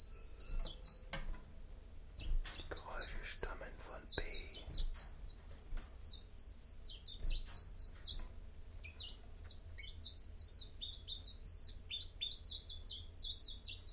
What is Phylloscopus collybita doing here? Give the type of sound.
song